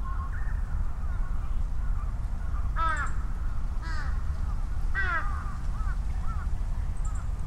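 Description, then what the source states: Crows cawing, three harsh caws about a second apart, with fainter caws answering, under a steady low rumble of traffic. Crows calling and responding to each other at Sunday noon in Ichimiyake, Yasu City, Shiga Prefecture, Japan, over vehicle rumble; Sony PCM-M10, omnidirectional mics on bicycle handlebar bag.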